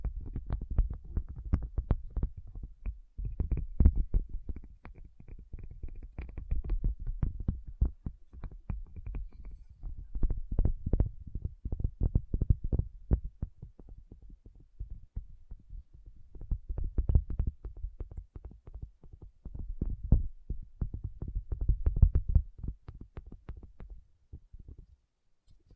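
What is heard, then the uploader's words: Dense, irregular tapping runs throughout, mostly low and thumping with brighter clicks, pausing briefly near three seconds and fading out before twenty-five. Tapping Session (No Talking).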